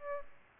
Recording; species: mosquito wingbeat signal from an infrared sensor; Aedes aegypti